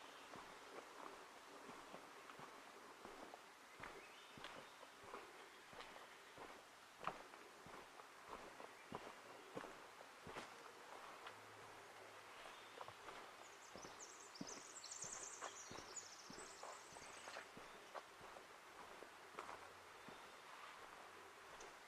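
Forest ambience from the Ancient Forest Preserve in Portland, Oregon, with a steady soft hiss and frequent small clicks and crackles, like footsteps on forest litter or twigs. Around thirteen to seventeen seconds a high, chirping bird call rises above it.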